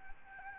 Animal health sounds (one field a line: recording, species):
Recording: mosquito wingbeat signal from an infrared sensor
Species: Aedes albopictus